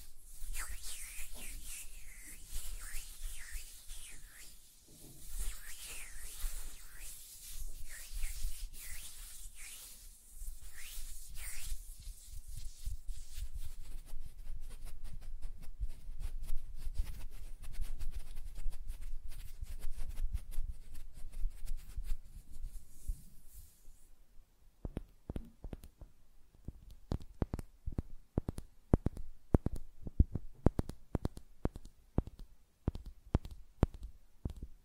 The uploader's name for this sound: Tapping on Nails, Finger Fluttering, Hand Sounds